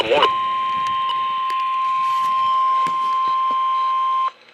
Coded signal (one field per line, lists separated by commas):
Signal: Emergency Alert System (SAME) tones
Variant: 1050 Hz attention tone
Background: speech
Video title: Moderate Flash Flood Risk.. Four Days of EAS Alerts from July 8th-11th, 2023 (EAS #348-381)